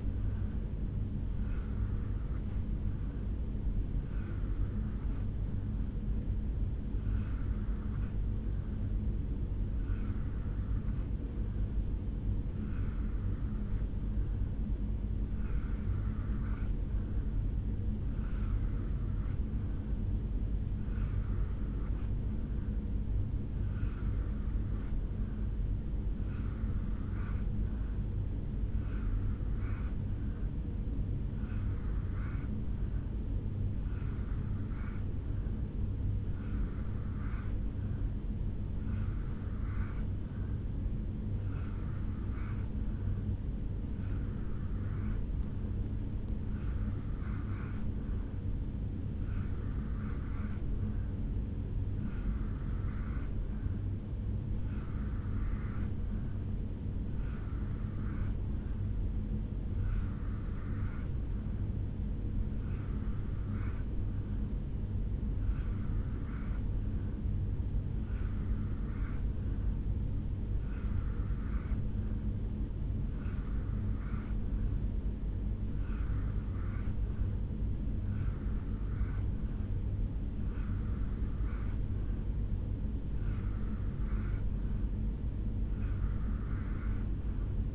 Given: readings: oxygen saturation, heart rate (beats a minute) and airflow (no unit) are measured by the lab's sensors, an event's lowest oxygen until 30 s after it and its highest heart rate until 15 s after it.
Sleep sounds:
breathing in sleep by a smartphone at the bedside; none
none scored
From the record:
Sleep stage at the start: N2 (light sleep); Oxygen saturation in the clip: 85 to 87%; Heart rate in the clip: 63 to 72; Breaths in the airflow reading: 32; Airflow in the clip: -1.7 to 1.1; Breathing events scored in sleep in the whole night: 449 in 7.0 hours asleep

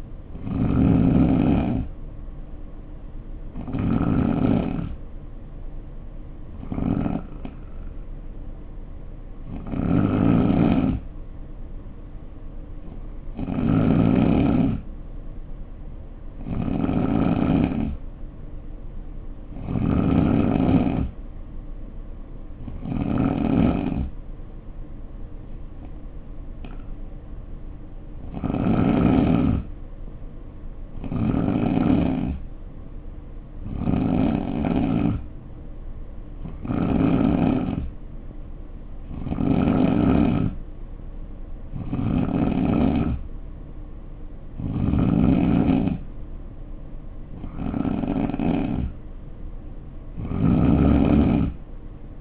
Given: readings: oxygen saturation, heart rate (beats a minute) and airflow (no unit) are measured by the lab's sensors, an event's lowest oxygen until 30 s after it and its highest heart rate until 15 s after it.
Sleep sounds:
breathing in sleep by a smartphone at the bedside; 1
1.00-31.00 s: new sleep stage, N3 (deep sleep)
7.00-25.90 s: hypopnea (N3, oxygen 92% highest, then 87% lowest, heart rate 59 at the start, 66 highest)
31.00-52.21 s: new sleep stage, N2 (light sleep)
From the record:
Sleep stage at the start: N2 (light sleep); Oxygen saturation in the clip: 87 to 92%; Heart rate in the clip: 59 to 66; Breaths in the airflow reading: 18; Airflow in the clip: -4.4 to 2.9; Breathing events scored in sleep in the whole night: 520 in 7.2 hours asleep

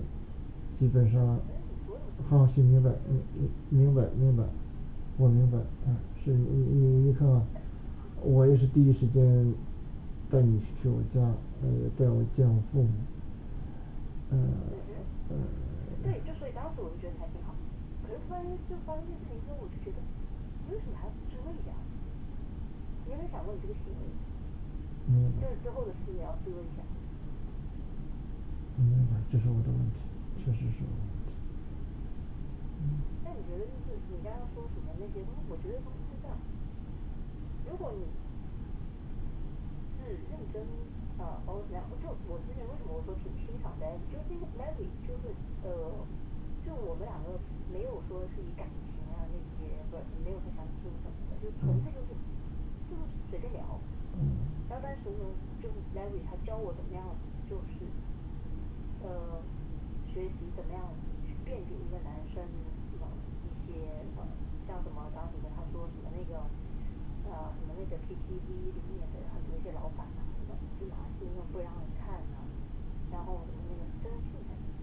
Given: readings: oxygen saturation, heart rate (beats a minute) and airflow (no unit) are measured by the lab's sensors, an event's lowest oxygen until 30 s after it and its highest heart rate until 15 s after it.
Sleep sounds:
a person awake in a sleep study, by a smartphone at the bedside; none
0.00-74.83 s: awake
From the record:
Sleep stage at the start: awake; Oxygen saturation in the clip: 94 to 95%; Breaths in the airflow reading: 24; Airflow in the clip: -5.2 to 7.0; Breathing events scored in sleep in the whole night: 216 in 7.0 hours asleep

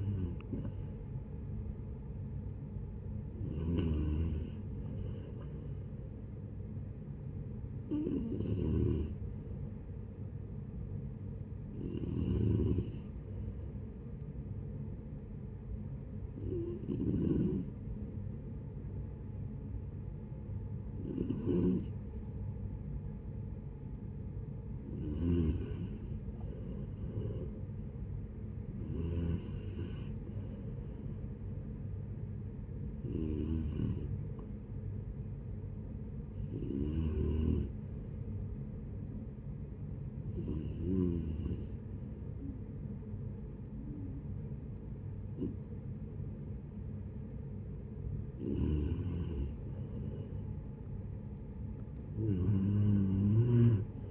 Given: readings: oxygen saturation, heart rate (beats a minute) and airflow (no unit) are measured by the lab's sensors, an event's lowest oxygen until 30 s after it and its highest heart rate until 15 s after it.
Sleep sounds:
breathing in sleep by a smartphone at the bedside; 2
16.00-27.40 s: hypopnea (N2, oxygen 93% highest, then 90% lowest, heart rate 71 at the start, 75 highest)
38.00-49.30 s: hypopnea (N2, oxygen 93% highest, then 89% lowest, heart rate 73 at the start, 74 highest)
From the record:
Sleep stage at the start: N2 (light sleep); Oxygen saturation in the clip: 90 to 93%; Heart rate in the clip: 61 to 75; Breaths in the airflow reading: 13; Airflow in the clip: -11.7 to 11.1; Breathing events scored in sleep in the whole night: 496 in 5.4 hours asleep

